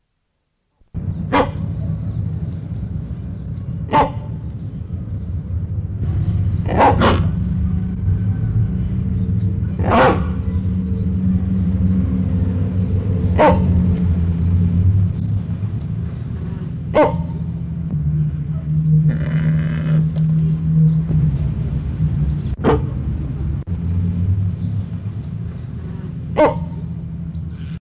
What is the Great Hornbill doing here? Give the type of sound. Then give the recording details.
call. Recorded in captivity. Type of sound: call. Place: Zoo Hannover, Niedersachsen, DE. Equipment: Halbspur, 9,5 cm/s. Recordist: Lütgens, Hans. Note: Rufe